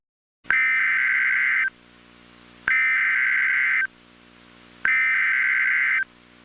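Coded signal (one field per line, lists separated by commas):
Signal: Emergency Alert System (SAME) tones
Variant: header bursts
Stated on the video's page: Fictional EAS scenario.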